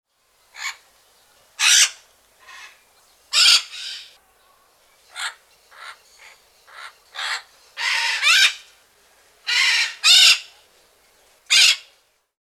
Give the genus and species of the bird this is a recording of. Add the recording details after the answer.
Ara rubrogenys. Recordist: Tembrock, Günter. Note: Paarlaute